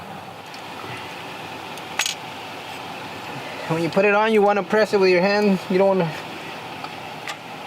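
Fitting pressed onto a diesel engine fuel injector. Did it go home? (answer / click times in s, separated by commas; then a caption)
yes / 7.3 s. During an injector change on a 2012 Volvo D13 diesel engine, a fitting is pressed onto the fuel injector by hand instead of being driven in with a hammer. Someone talks over a steady background hum, and a short, sharp snap at 7.3 s marks the part seating.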